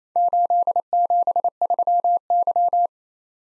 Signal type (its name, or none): Morse code